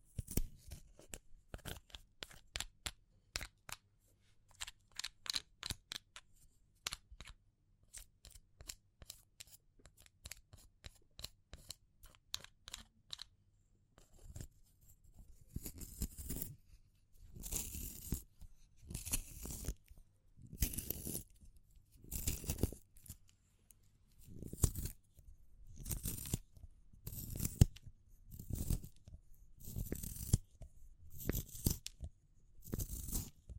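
Handling of wood, bamboo and straw. The first fourteen seconds are quick, dense crackles and ticks over a faint low hum; after that come slower, louder scraping and rustling strokes, roughly one per second, each a crisp swish to the end.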